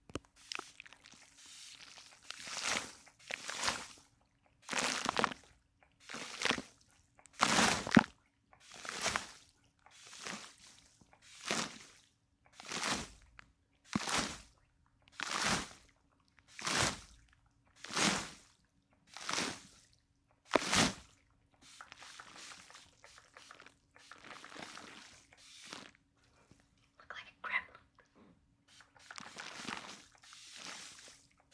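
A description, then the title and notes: A spray bottle is squeezed again and again, each pump a short hissing burst of mist, coming at a steady pace about once a second for the first twenty seconds. After that the sprays turn softer, shorter and more uneven until the end. ASMR [water & liquid sounds, spray bottle, water globes].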